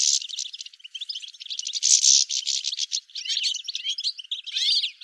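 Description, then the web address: Bird calls: dense, high-pitched twittering and chattering, rapid buzzy notes running almost continuously with brief pauses. "cianscape birddata Deverinetal 2025 File cleaned normalized Bird"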